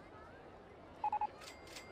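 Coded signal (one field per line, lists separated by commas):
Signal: none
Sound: a game's ride beeps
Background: speech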